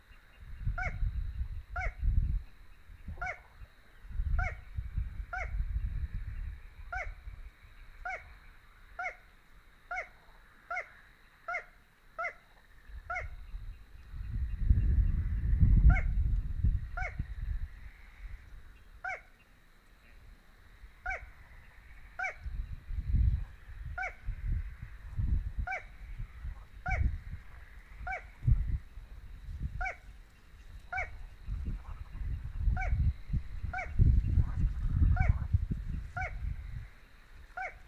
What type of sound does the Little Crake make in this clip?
song